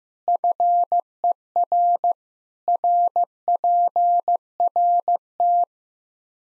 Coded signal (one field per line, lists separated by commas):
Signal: Morse code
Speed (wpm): 15 wpm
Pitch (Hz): 700 Hz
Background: none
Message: FER RPRT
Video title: Practice QSO - Exchange 2- Info - 15wpm